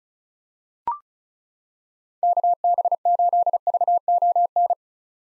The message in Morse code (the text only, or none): KB8VON